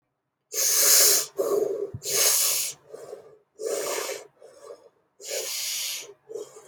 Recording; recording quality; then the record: deep breathing; excellent, no background noise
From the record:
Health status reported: healthy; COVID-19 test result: negative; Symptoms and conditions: none ticked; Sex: male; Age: 23 years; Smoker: not ticked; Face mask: not worn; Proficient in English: yes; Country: United States